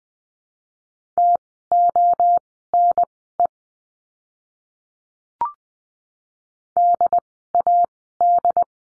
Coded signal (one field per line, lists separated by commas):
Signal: Morse code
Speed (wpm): 20 wpm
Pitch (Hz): 700 Hz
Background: none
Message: TONE DAD